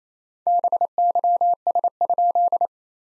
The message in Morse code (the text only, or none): BYS?